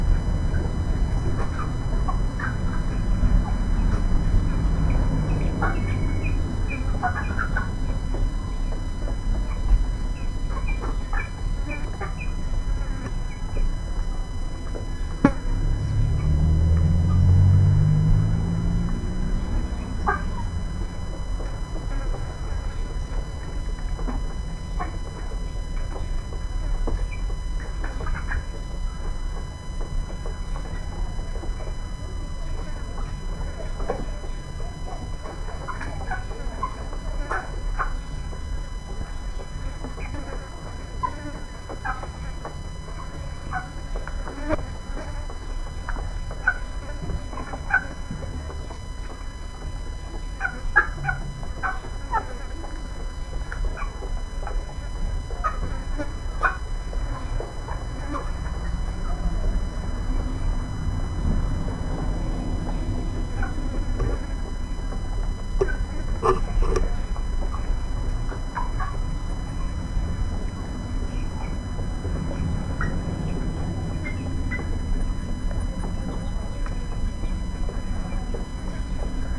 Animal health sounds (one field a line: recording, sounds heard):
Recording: poultry house recording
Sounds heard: background noise or bird activity such as feeding and pecking